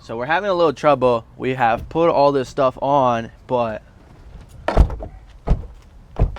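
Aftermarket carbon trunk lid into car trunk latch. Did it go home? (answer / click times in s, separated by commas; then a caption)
no / none. Someone talks, then an aftermarket carbon fiber trunk lid on an F30 BMW is brought down onto the car's trunk latch several times, banging sharply at about 4.7, 5.5 and 6.2 seconds. It bangs shut each time but nothing catches, and the lid has not latched.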